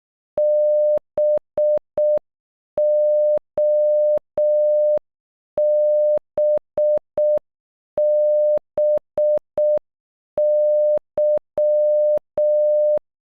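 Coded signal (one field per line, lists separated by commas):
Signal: Morse code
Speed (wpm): 12 wpm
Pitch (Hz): 600 Hz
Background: none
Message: BOBBY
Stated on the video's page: Morse code for the name, played at normal and half speed, made with an online Morse translator.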